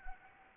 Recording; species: mosquito wingbeat signal from an infrared sensor; Anopheles arabiensis